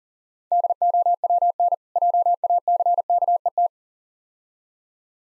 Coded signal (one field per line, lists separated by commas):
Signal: Morse code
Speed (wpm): 42 wpm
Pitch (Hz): 700 Hz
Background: none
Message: DOWN JACKET